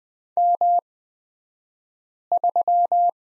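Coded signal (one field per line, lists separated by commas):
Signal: Morse code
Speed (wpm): 20 wpm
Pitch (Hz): 700 Hz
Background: none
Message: M3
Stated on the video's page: Morse code course lesson on the letter Z, Farnsworth speed 20/10 wpm.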